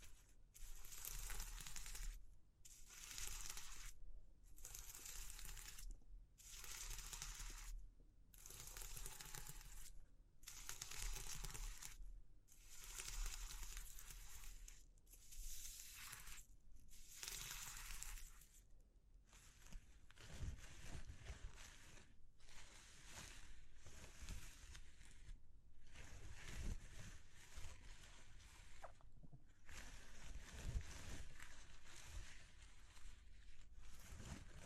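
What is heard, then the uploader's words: ASMR texture sounds: crisp scratching strokes repeat in a steady rhythm, about one every second or so, with short silences between them. After roughly twenty seconds the rubbing turns denser and more continuous, with low knocks and uneven pauses. ASMR Exploring Textures (No Talking).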